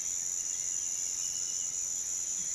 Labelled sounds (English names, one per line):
none